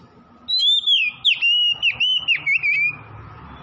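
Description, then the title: Oriental magpie-robin singing one unbroken phrase of bright warbled whistles that dip and rise quickly, lasting a few seconds before stopping. Tretes, singing vigorously (gacor). "Kacer Tretes Gacor"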